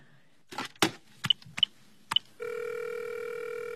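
A phone handset clatters, then three quick button presses dialing a telephone number each give a short high beep, followed by a steady, loud, buzzing line tone that holds to the end.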